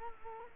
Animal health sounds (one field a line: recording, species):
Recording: mosquito wingbeat signal from an infrared sensor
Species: Culex quinquefasciatus